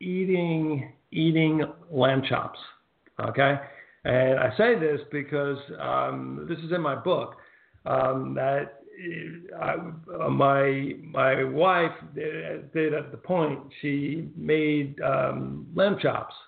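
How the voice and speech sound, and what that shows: Adult male speech with pauses, fillers, repeated words and restarts, showing mild word-finding difficulty of aphasia after a stroke that also paralyzed his right side.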